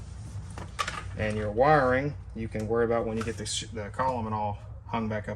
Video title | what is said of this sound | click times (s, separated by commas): Ford e-series van shifter replacement. #ford #econoline #vanlife #workvan #campervan #lawnrig | it's working so take your cover and it Clips down in right here | 0.8 s